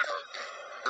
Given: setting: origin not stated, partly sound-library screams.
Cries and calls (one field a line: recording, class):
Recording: one-second piece from a danger detection set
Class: woman in danger